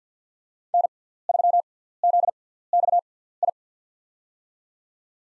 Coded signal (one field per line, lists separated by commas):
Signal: Morse code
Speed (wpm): 50 wpm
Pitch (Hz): 700 Hz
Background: none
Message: N3ZXI